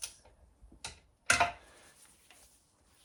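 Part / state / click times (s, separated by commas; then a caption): torque wrench on engine bolt / torque reached / 1.3 s. A click-type torque wrench set to about 160 Nm tightens an engine bolt during a Briggs & Stratton 12.5 hp lawnmower engine rebuild. Faint ratcheting ticks at 0.0 s and 0.9 s are followed by a loud, sharp final click at 1.3 s, showing the wrench has reached its torque setting.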